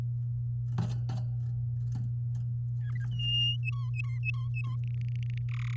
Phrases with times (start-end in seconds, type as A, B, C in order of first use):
2.81-3.06 A, 3.11-3.56 B, 3.63-4.76 C, 4.83-5.38 D, 5.49-5.52 E, 5.54-5.55 F, 5.56-5.77 E